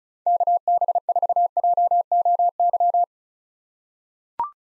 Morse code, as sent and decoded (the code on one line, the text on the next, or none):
-.- -... ....- .--- --- -.--
KB4JOY